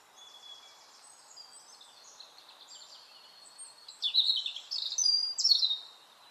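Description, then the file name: European robin song, quiet thin twittering at first, then louder high sweeping and trilled notes in a rapid jumble over the final two seconds. "Erithacus rubecula"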